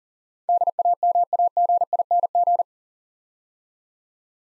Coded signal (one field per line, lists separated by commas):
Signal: Morse code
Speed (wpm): 42 wpm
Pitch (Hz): 700 Hz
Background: none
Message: DAMAGING